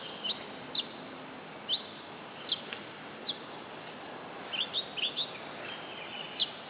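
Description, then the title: Oriental magpie-robin giving sharp, separate chirps at irregular intervals, a few in quick pairs near the end, over a steady hissing background. Female national champion competition bird from East Java, described as gacor and of the tarung style, black poci type. "Kacer Juara 1 Nasional gacor kacer juara nasional jawa timur kacer tarung betina poci gacor hitam"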